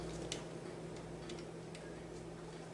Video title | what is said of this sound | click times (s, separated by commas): SAMSUNG TV won't come on - easy fix | push it up on there and you'll hear it click when it clicks this on there right like | 0.3 s